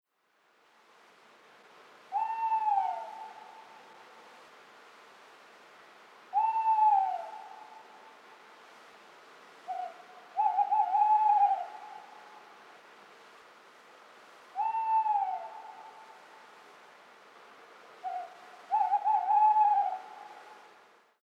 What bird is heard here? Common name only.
Tawny Owl